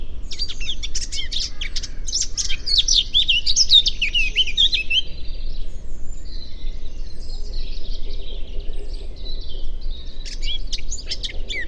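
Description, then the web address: Eurasian blackcap song: rapid, varied warbling of chattering and whistled notes, louder in the first half, then softer scratchy phrases, over a steady low rumble. "cianscape birddata Deverinetal 2025"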